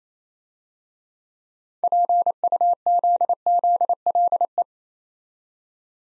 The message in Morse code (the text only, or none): PUZZLE